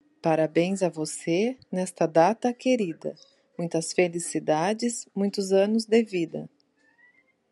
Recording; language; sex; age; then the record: short text; Brazilian Portuguese; female; 30 to 39 years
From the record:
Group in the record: control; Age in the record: 35 years